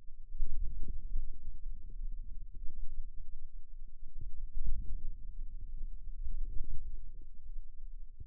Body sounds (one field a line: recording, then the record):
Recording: forearm muscle sounds (acoustic myography)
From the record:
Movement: wrist extension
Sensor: system 2, bracelet of six BSWA MPA416 microphones around the upper forearm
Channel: 5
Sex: male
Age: 22 years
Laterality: right